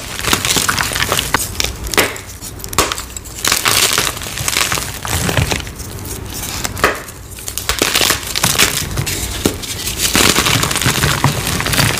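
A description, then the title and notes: Pink dyed gym chalk is crushed, a dense, crisp crunching and crumbling that comes in bursts, with sharp snaps near 2, 3, 7 and 9.5 seconds. Brief softer lulls fall between squeezes, and a faint low hum sits underneath. Satisfying ASMR sounds of crispy pink dyed gym chalk crushes. Pink Dyed Gym Chalk Crushing.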